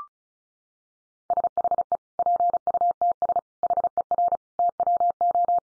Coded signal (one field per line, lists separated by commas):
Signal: Morse code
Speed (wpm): 34 wpm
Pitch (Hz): 700 Hz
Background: none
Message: SHE PUTS HER TWO